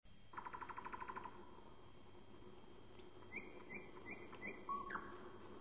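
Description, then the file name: Nightingale song: a fast burst of about ten repeated chopped notes, a pause, then a series of short clear whistled phrases over faint low background hum. "Соловей"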